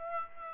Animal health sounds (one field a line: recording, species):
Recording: mosquito wingbeat signal from an infrared sensor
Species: Aedes aegypti